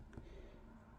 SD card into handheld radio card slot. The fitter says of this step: and then it clicked into place and to get it out you just